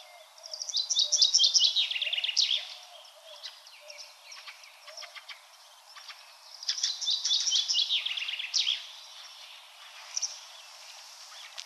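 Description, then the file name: Common chaffinch song: two loud, fast descending trills, each ending in a brief flourish, a few seconds apart, with softer chirps between them. "Fringilla coelebs"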